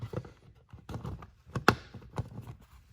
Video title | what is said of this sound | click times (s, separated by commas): I bought the Cheapest Wifi Thermostat on Amazon | Once all the wires are on, we just snap on the front plate. | 1.7 s